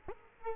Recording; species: mosquito wingbeat signal from an infrared sensor; Culex quinquefasciatus